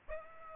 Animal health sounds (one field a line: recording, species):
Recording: mosquito wingbeat signal from an infrared sensor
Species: Aedes albopictus